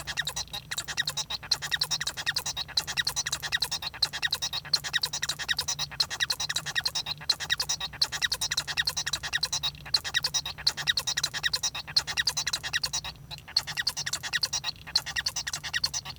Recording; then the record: song of a male Bengalese finch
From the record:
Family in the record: son of father 1